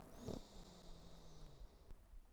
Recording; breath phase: one breath near a microphone; inhalation